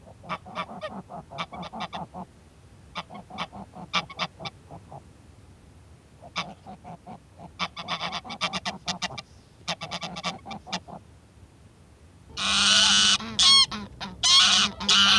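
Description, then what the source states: Greylag goose honks in clusters of quick nasal notes separated by short pauses, ending in a sudden loud, harsh outburst. Greylags return to the archipelago in April around ice break-up to check nest sites, flying with deep honks announcing arrival and territory; best seen flying there, also wandering inland fields seeking new territory.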